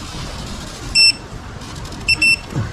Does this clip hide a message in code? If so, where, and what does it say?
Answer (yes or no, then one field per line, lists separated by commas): no